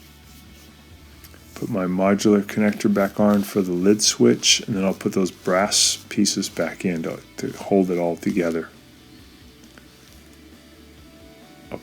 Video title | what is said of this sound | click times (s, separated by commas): WHIRLPOOL Washer Won’t Agitate or Spin — FIXED | push down until it clicks there we go | 11.7 s